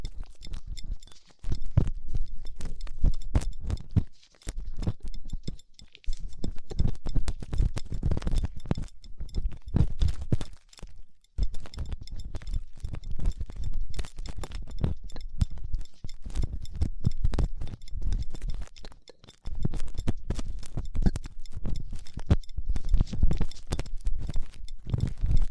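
Ear cleaning with latex gloves, a dental pick and cotton swabs: a dense run of soft scratching, rubbing and crinkling taps, mostly low and close in texture. The sound comes in long busy stretches broken by brief silences around 1, 4, 6, 11 and 19 seconds.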